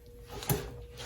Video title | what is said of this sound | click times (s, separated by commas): How to replace passenger CV joint on Sebring 200 Avenger 2007 - 2014 | you might have missed it anyway I heard it click so it's clicked in there it's good | 0.4 s, 0.5 s